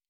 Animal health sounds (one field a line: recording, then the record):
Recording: hydrophone in a shrimp aquaculture tank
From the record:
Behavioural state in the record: normal